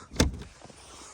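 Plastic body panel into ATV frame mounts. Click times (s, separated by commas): 0.2 s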